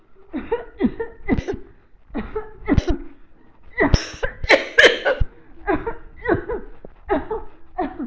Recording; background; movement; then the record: voluntary coughing; a bystander coughing; walking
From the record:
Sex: female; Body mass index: 21.8 kg/m2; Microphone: on the chest, facing the body